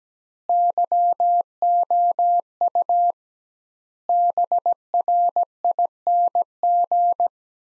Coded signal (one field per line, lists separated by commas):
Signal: Morse code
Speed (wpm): 17 wpm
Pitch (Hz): 700 Hz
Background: none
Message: YOU BRING